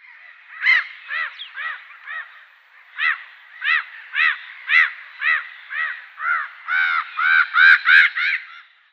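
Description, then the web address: Black-headed Gull giving a rapid series of harsh calls. "Schulze Peter Black-headed Gull"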